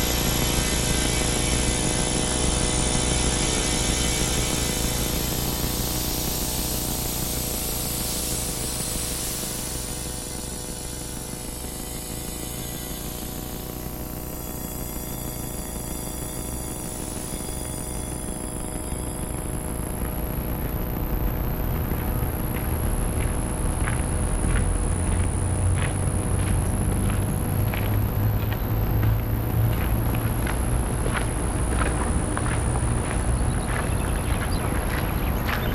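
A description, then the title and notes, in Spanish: A nature soundscape blended with synthesizers: a steady dense hiss runs throughout under sustained tones, with a high whistling tone that sweeps up and down. Around the middle it thins and softens, then rapid ticking pulses and a low hum return near the end. Experimental octaphonic composition made with soundscapes of different elements of Nature combined with the sound produced by two synthesizers - RSF KOBOL & MODULAR NORD G2 - provided by the Phonos Foundation (UPF). The field recordings of this piece were made in different cities around the world.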